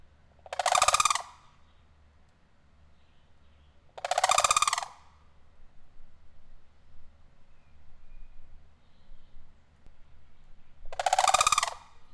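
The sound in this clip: Sandhill crane giving rattling, trumpeting calls, three bursts of about a second each with long pauses between, faint low background rumble.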